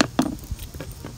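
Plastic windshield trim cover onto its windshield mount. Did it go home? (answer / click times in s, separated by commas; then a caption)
yes / 0.0 s, 0.2 s. A plastic windshield trim cover on a Ford Focus ST is pressed on by hand onto its mounts on the new windshield. It snaps into place with two sharp clicks at 0.0 s and 0.2 s, followed by fainter taps. The piece is seated.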